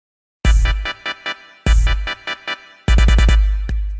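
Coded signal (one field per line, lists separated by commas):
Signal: none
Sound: electronic music beats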